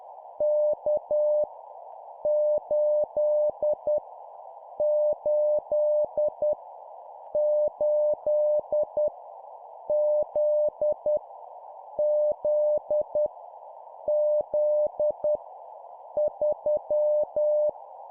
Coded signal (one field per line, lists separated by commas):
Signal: Morse code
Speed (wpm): 10 wpm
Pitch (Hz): 600 Hz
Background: none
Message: K 8 8 8 Z Z Z 3